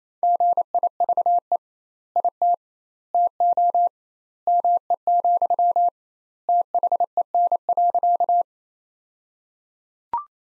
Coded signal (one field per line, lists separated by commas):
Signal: Morse code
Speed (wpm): 28 wpm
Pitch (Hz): 700 Hz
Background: none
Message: GIVE IT TO ME, THEN.